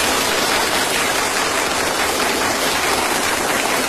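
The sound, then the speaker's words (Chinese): A crowd bursts into sustained applause on cue when a yellow flag is raised: dense, steady clapping from many hands, loud and even throughout, with no voices standing out. “您听这掌声怎么样？”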